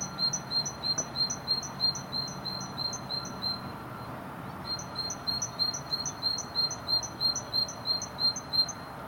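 Great tit giving quick alternating high and low notes in a steady rhythmic series, broken by a brief gap midway, over a faint low background hum.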